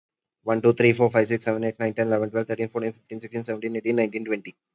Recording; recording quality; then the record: counting at a fast pace; excellent, no background noise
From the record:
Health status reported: healthy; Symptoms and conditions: none ticked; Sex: male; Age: 30 years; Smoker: yes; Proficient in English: yes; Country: India